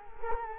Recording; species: mosquito wingbeat signal from an infrared sensor; Culex quinquefasciatus